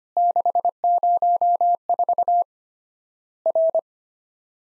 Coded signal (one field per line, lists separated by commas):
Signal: Morse code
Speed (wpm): 25 wpm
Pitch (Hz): 700 Hz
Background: none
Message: 604 R